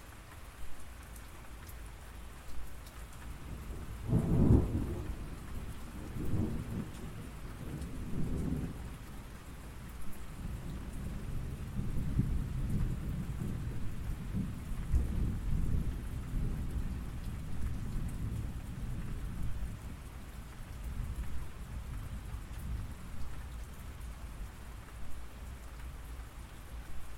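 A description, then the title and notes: Rain falls in a steady, dense patter across the whole clip, with a low rumbling undertone. A deeper, heavier surge arrives around four to five seconds, and another swell of low rumble builds between about ten and twenty seconds before easing. Soothing Rain Sounds.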